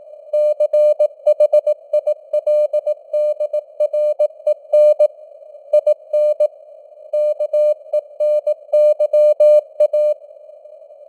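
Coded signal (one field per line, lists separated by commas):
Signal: Morse code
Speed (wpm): 18 wpm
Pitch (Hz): 600 Hz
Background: none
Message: CHILDREN IN KENYA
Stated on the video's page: News headlines in Morse at 18 wpm, with simulated radio noise and fading (QSB).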